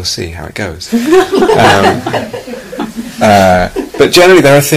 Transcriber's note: laughter